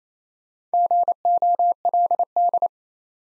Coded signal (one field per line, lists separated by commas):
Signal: Morse code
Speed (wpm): 38 wpm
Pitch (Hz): 700 Hz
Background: none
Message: GOLD